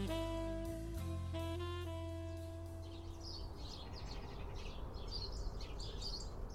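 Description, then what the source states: House Sparrows chattering: after a few seconds of steady musical tones, many faint, overlapping high chirps in a busy, continuous chatter. A flock in a garden in winter, coming to eat scattered bird seed and sitting in the neighbours' tree; the species is the 2024 theme of Vogelbescherming Nederland.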